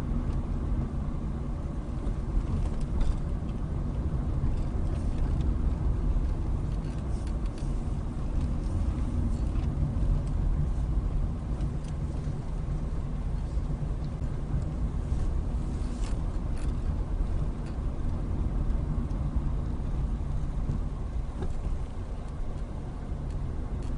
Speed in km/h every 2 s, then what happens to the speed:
21, 21, 24, 21, 19, 16, 16, 18, 23, 16, 10, 18.
0-5 steady at about 21. 5-13 slows to 16. 13-16 speeds up to 23. 16-19 brakes to 10. 21-24 speeds up to 18.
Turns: 8-14.